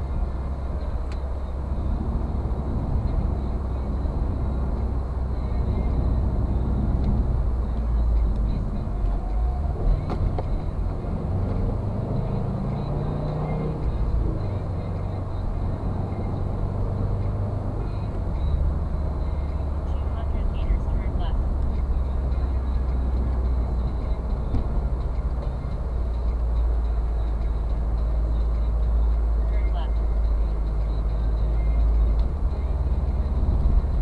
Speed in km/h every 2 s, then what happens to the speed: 54, 54, 53, 52, 36, 33, 45, 46, 49, 53, 54, 53, 50, 46, 46, 44, 42.
0-6 steady at about 53. 6-9 brakes to 33. 10-19 speeds up to 54. 19-34 slows to 42.